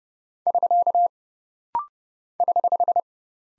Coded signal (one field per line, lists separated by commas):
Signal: Morse code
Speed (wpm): 30 wpm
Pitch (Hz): 700 Hz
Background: none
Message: <SK> <HH>